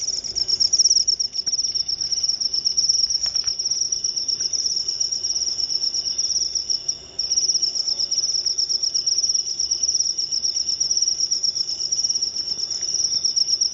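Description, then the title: Cricket chirping in a fast, continuous high trill that barely pauses, with a faint low background hum. Loud cricket chirping played to make lovebirds sing (ngekek) continuously. "Suara JANGKRIK NGERIK Keras Bikin LOVEBIRD Jadi NGEKEK Terus Vubey"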